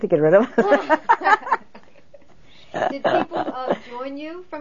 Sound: they laugh

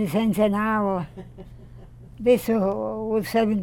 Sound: laughs

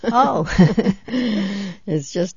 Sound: they laugh

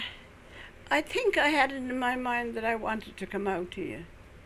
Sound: none

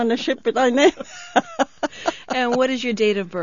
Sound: she laughs

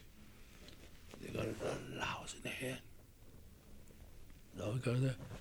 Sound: he whispers

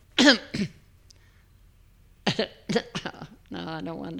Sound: she clears her throat

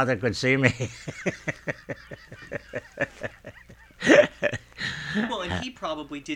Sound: he laughs

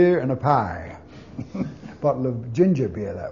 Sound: laughs

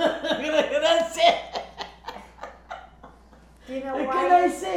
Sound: she laughs

